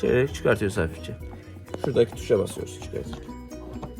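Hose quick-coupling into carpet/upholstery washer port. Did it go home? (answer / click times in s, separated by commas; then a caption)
no / none. Someone talks while handling the plastic hose quick-coupling at the port of an Aqua Power carpet and upholstery washer, pressing the release button and taking the coupling off. The coupling has not been pushed back on, and nothing has seated or clicked yet.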